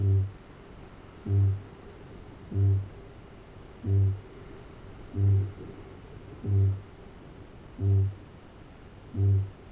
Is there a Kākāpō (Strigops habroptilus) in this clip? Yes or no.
yes